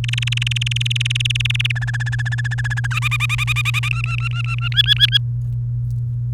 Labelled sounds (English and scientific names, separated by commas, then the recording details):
Domestic Canary (Serinus canaria) song
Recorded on 30 April 2018 at 05:53
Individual llb3